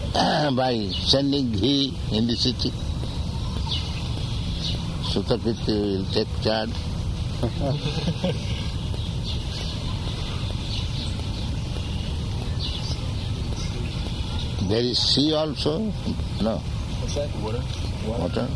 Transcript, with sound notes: by sending ghee in the city. Śrutakīrti will take charge. [laughter] There is sea also? No. Water?